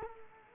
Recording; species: mosquito wingbeat signal from an infrared sensor; Culex quinquefasciatus